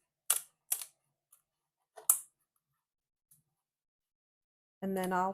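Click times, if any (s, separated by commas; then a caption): 0.3 s, 2.1 s. Two halves of a plastic interlocking picture-hanging strip are pressed together on the back of a thrifted decor item, giving sharp snapping clicks at 0.3 s and 2.1 s, with a softer tap just after the first. The strips snap together and seat, and then someone talks.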